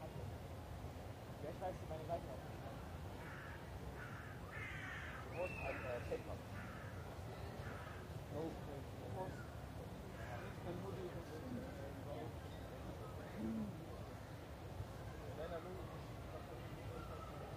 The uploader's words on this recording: The bustling scenery of Munich's famous Englischer Garten. A Sunday afternoon.